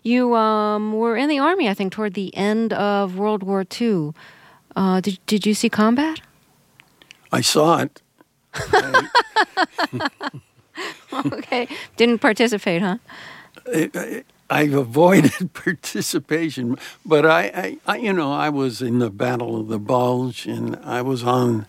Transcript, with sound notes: you were in the army, I think, toward the end of World War II. Did you see combat?
I saw it.
(Laughter) OK. Didn't participate, huh?
I avoided participation. But, you know, I was in the Battle of the Bulge. And I was on